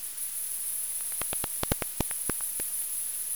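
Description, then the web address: Bat echolocation pulses rendered as sharp ticks, an irregular burst of about a dozen clicks in under two seconds, over a steady high-pitched hiss. Bat detector, 21 August 2018. "Bat Explorer recordings 21-08-2018"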